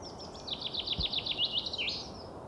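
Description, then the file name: Common chaffinch singing one phrase, a rapid run of sharp repeated notes that drops in pitch and finishes with a flourish, over a quiet background hiss. "Fringilla coelebs"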